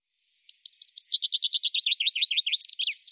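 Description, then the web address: Common chaffinch song: a few spaced opening notes speeding into a rapid descending trill that runs to the end. "cianscape birddata Deverinetal 2025 Bird Fr Co Fr Co"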